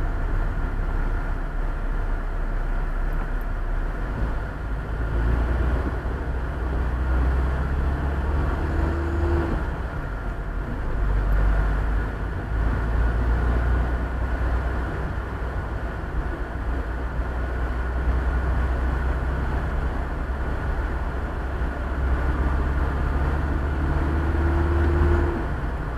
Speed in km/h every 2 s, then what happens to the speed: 27, 22, 21, 23, 28, 29, 33, 35, 35, 38, 38, 40, 44.
0-5 slows to 21. 5-26 speeds up to 44.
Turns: none.